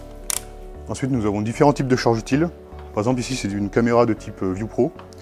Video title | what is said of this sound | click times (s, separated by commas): Présentation du Tundra - HEXADRONE (FR) | et de visser jusqu'au clic comme ceci | 0.3 s